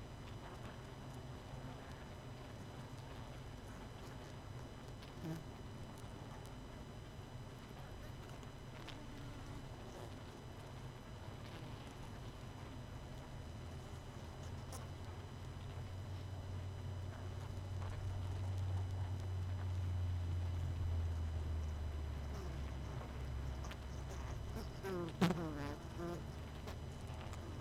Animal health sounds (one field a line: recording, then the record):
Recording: honeybee colony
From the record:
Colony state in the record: missing queen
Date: 31 May 2018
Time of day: 21:22